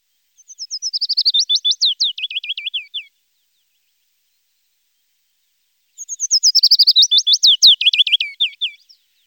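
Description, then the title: Willow warbler song: two soft, sweet phrases of slurred whistled notes, each cascading gently downward in pitch over about two and a half seconds, separated by a pause. Germany, Austria and Switzerland. "Fitis"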